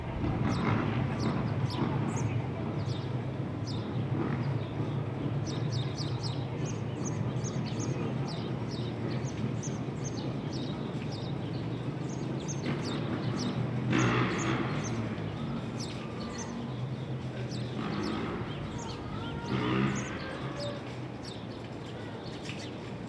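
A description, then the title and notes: Steady traffic rumble from a city rooftop, with frequent bright bird chirps scattered throughout and faint voices blending into the background hum. Ext, Brooklyn Roof.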